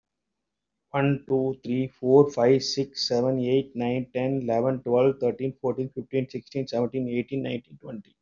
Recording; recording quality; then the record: counting at a fast pace; excellent, no background noise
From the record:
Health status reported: healthy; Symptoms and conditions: none ticked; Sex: male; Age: 58 years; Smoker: not ticked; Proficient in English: yes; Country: India